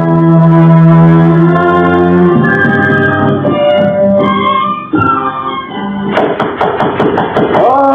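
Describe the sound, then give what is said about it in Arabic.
A steady run of sharp knocks on a door early in the morning comes in near the end, rapping evenly over a loud, sustained musical drone that fills the whole clip. “من يطرق الباب في هذا الوقت المبكر؟”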